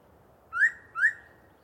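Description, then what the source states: Yellow-breasted chat whistles: two upslurred whistled notes about half a second apart, clear over a low steady background hiss. Particularly chatty individual giving a long pre-dawn song bout in deciduous cover.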